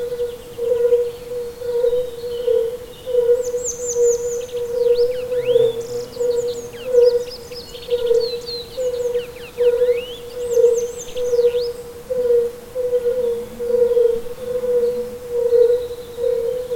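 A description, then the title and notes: Outdoor sounds at a mossy pond, dominated by a steady, pulsing mid-pitched drone that runs the whole time, like a continuous chorus of frogs or insects. Bright, quick bird chirps and trills come and go above it, busiest in the middle of the clip. Sounds of a mossy pond. The location of recording is Keleméri Mohos-tavak National Reserve, Hungary, Europe.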